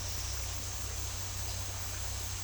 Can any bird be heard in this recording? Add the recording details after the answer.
no. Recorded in dense forest near Puerto Asís, Putumayo, Colombia, on 20 December 2024 at 10:30. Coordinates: 0.467, -76.328. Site GP05